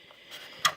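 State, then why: Seated. A small plastic holder for a license plate keychain plaque is pushed into the plastic display case of a Disney Pixar Cars Precision Series Mater toy and twisted. After faint handling rustle, one sharp click is heard at 0.7 s as it locks in place.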